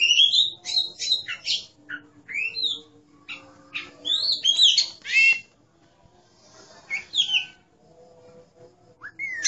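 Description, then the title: Oriental magpie-robin giving clear whistled slurs and buzzy chatters, several loud phrases followed by a quieter stretch and a final rising whistle. "Kacer5"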